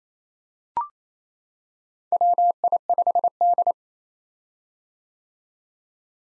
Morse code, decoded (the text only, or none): WI5D